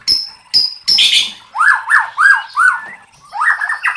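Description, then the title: White-rumped shama song: sharp high clicks, a rough burst, then several repeated down-slurred whistled notes in a steady rhythm. Used to train cage birds (masteran). "MURAI BATU LABAIK"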